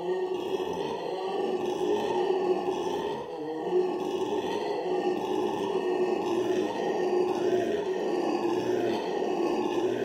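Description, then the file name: Black-and-gold howler monkey roaring, a continuous deep rasping howl with dense harmonics, pulsing steadily throughout with only a brief dip in volume near three seconds. "alouatta caraya"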